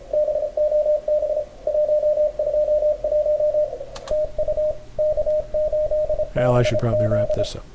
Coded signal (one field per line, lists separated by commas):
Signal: Morse code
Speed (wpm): 25 wpm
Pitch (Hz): 610 Hz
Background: speech, radio noise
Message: BOB 121 TU K8BZ